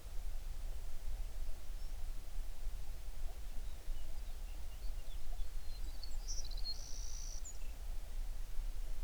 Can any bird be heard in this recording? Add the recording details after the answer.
yes. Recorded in the Prudhoe Bay oil fields, Alaska, on 11 June 2019 at 05:38. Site 21